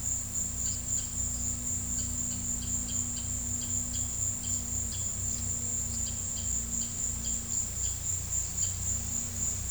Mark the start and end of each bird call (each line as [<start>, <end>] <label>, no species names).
[0.53, 8.73] bird call